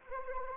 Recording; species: mosquito wingbeat signal from an infrared sensor; Anopheles arabiensis